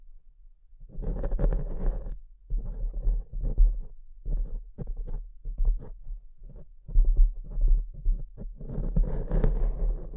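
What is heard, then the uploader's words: Scratching on a microphone comes in rough, choppy bursts, some brief and clipped, others drawn out over a second or more, with short gaps between. A low, steady hum runs underneath throughout, and the densest, harshest scraping arrives near the start and again at the end. ASMR Brain Melting Mic Scratching (No Talking).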